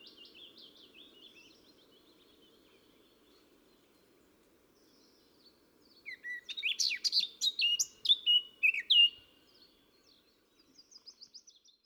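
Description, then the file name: Eurasian blackcap song: faint twittering at first over a steady low hum, then a loud burst of varied warbling and fluty notes, and a brief quieter phrase near the end. "Sylvia atricapilla"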